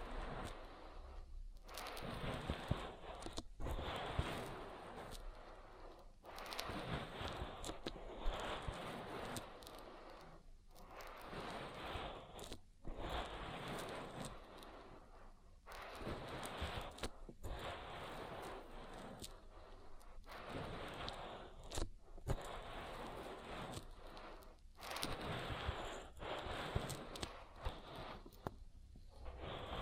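Oily ear massage: a dense, continuous mix of squishing and rubbing sounds across the whole clip. The rubbing comes in rhythmic strokes with brief near-silent gaps every few seconds, each stroke bright and slick with a soft low rumble underneath.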